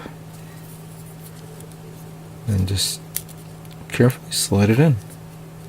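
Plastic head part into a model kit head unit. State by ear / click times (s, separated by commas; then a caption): not seated / none. A small round plastic part is carefully slid into the head unit of a 1/100 MG Age-1 Dark Titus Gundam model kit. Someone talks while faint handling ticks are heard, with one sharp tick near 3.2 s. Nothing has snapped into place yet.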